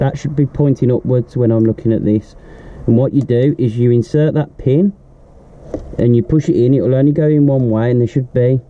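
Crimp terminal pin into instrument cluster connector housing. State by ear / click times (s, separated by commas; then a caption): not seated / none. A man talks while handling a red-wired crimp terminal pin, its tab facing up, at a slot in a plastic instrument cluster connector housing, part of retrofitting a facelift 2017 instrument dial cluster into a 2013 BRZ (FRS/GT86) with push button start. A brief sharp sound rises at 5.7 s during a pause in the talk. The clip ends before the pin goes home, so nothing has seated or clicked yet.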